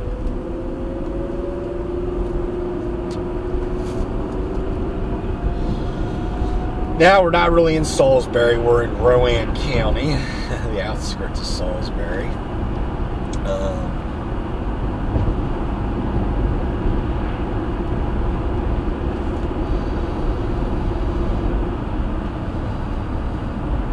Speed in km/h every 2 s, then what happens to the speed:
60, 68, 74, 69, 82, 82, 84, 84, 87, 84, 85, 84.
0-7 speeds up to 82. 7-24 steady at about 84.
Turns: none.